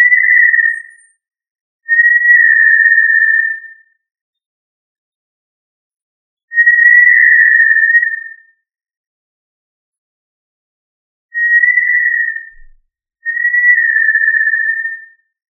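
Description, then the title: Tinamou call, pure level whistles of one to two seconds each, five given with uneven silent pauses between them, nothing else audible. "Familia Tinamidae - Quail - Puyuh"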